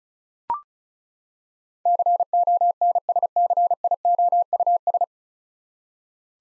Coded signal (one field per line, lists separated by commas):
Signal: Morse code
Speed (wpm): 36 wpm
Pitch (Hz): 700 Hz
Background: none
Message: CONSCIOUS